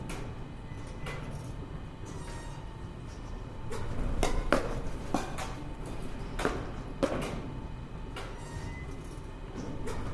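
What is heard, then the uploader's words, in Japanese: Batting cage sounds: a steady low mechanical rumble runs throughout with a faint constant whine above it. Sharp cracks and clanks punctuate it every second or two, loudest around four and a half, six and a half and seven seconds. バッティングセンターの音です。Sound of batting cage。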